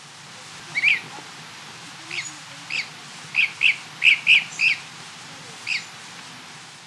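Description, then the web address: Dusky-capped flycatcher calls: a loose series of short, sharp whistled notes, bunching into a quick run of five near the middle, over a low background hum. Ecuador. "Birds of Ecuador. Dusky-capped Flycatcher"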